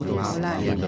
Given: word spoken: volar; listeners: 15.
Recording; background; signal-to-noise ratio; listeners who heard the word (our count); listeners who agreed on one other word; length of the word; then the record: one Spanish word in noise, from a listening test; eight-talker babble; -3.3 dB; 1 of 15; 7 of 15; 0.47 s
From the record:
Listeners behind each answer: 7, 1, 1, 1, 1, 1, 1, 1, 1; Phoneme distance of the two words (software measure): 24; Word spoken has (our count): 2 syllables, 5 phonemes, stress on syllable 2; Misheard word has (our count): 2 syllables, 5 phonemes, stress on syllable 2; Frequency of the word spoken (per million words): 14.62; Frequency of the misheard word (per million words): 197.47